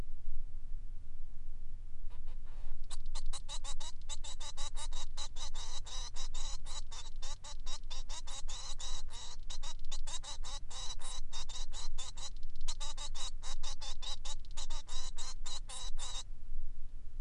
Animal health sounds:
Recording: song of a male Bengalese finch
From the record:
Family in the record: son of father 3

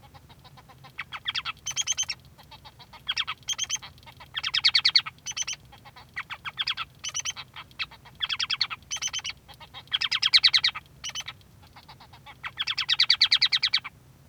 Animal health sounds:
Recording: song of a male Bengalese finch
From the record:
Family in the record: son of father 3

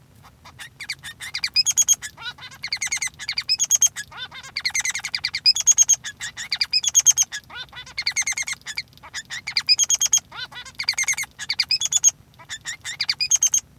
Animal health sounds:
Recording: song of a male Bengalese finch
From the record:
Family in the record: son of father 3

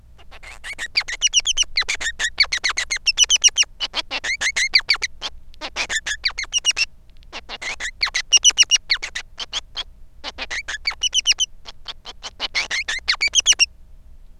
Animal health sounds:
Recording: song of a male Bengalese finch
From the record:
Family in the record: son of father 3

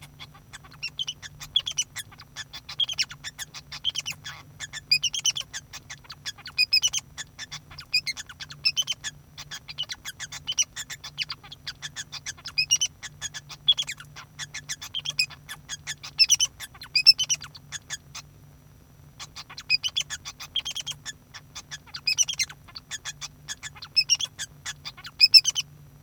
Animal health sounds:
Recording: song of a male Bengalese finch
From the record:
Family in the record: son of father 2

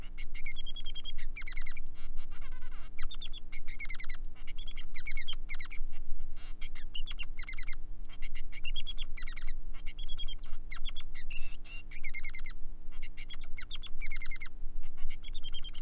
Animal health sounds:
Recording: song of a male Bengalese finch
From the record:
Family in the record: son of father 3

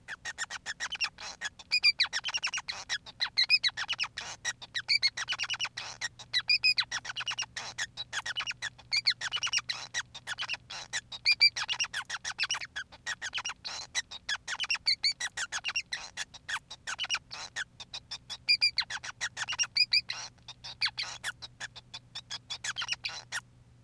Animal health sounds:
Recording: song of a male Bengalese finch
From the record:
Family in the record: son of father 5

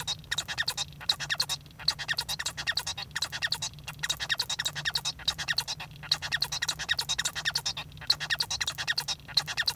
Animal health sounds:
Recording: song of a male Bengalese finch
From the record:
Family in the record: son of father 1

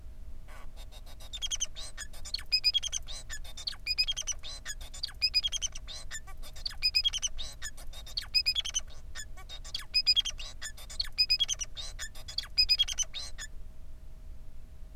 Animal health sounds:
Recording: song of a male Bengalese finch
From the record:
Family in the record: son of father 4

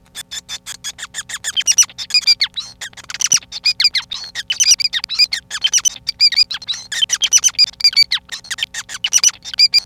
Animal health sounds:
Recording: song of a male Bengalese finch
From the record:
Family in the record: son of father 5

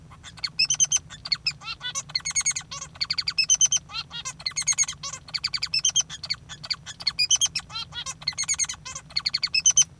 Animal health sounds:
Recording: song of a male Bengalese finch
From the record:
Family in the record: father 3

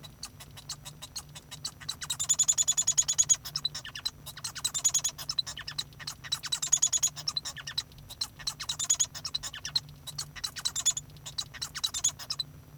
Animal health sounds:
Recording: song of a male Bengalese finch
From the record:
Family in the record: son of father 1

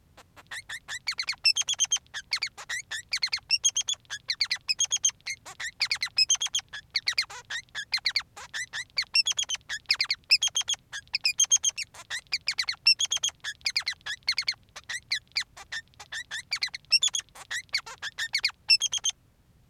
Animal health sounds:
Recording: song of a male Bengalese finch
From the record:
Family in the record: son of father 3

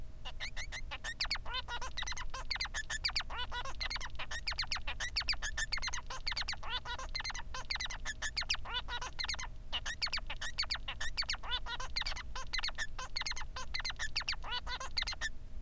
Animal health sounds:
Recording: song of a male Bengalese finch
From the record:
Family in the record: son of father 3

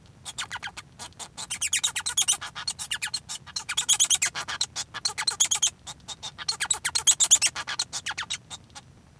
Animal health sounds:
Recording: song of a male Bengalese finch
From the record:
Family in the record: son of father 1

